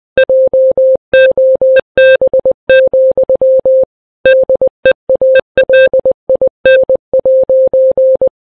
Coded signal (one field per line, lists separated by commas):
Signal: Morse code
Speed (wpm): 20 wpm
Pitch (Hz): 520 Hz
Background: none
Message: JOB, DEALIN'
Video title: Setheun Vlogs - Morse Code